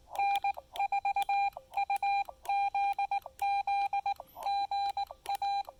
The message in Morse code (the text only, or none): N4UZZ GA